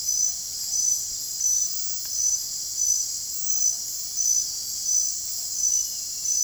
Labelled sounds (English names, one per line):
none